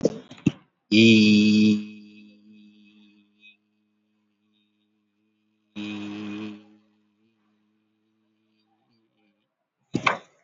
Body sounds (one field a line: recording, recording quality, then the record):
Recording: sustained vowel as in beet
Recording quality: excellent, no background noise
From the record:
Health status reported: COVID-19 positive, no symptoms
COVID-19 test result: positive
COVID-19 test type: RT-PCR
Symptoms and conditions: cough, breathing difficulty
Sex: male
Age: 52 years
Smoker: yes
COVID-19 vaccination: one dose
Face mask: worn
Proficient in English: yes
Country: India